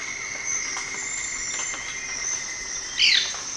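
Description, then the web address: White-bearded manakin giving one brief buzzy descending call near the end, set against continuous shrill insect hum. Call, recorded in the eastern lowlands of South America. "S America Eastern Lowlands Manacus manacus, call"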